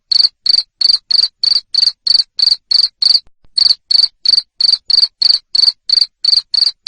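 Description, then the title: Cricket chirps, shrill pulsed notes evenly spaced, broken once by a short gap. Loud cricket chirping used to stimulate lovebirds into continuous singing (ngekek). "Suara JANGKRIK NGERIK Keras Bikin LOVEBIRD Jadi NGEKEK Terus"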